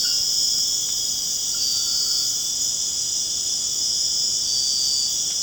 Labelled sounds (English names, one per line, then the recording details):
none
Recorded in secondary vegetation near Puerto Asís, Putumayo, Colombia, on 24 March 2025 at 23:00
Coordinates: 0.485, -76.322
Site G040